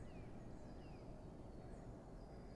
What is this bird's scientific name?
Cyanistes caeruleus